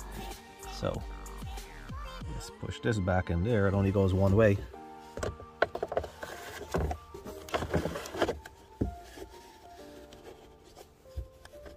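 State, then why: Not seated. Someone talks over background music while pushing the plastic cabin air filter housing cover of a Lexus GS350 back into its slot in the filter housing behind the glovebox, producing short handling knocks and taps around 5.6 to 8.2 seconds. The cover is not yet home: nothing has seated or clicked yet.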